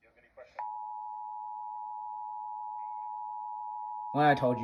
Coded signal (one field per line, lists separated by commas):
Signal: Emergency Alert System (SAME) tones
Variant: 853 and 960 Hz attention tone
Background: speech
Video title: Eas #178 severe thunderstorm warning ⛈️🌩️